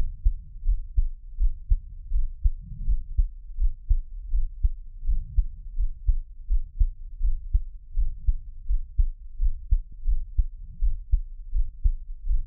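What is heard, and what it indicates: Soft, low, muffled thumps repeat at about 82 beats a minute in a fairly steady rhythm, over a low background rumble. A person's own heartbeat heard close to the chest for Taiwanese ASMR relaxation listening, with no talking.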